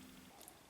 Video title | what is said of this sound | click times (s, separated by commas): Review of Ecovacs Robotics Deebot M81Pro | it just snaps into place now | 0.5 s